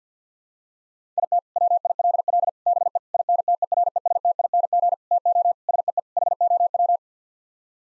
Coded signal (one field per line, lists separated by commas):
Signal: Morse code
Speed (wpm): 48 wpm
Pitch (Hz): 700 Hz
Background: none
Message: IT WILL BE INTERESTING TO SEE HOW